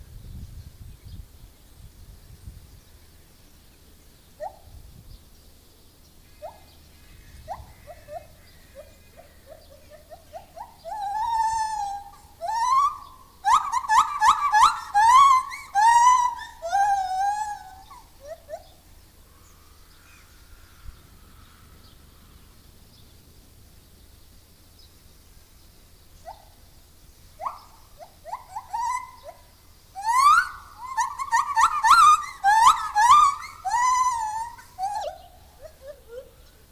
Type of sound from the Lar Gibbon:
call